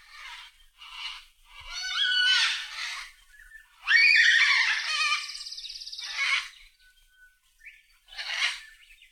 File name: Yellow-tailed Black Cockatoos